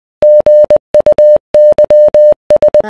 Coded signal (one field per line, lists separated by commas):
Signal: Morse code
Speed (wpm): 20 wpm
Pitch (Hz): 600 Hz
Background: none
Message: GUYS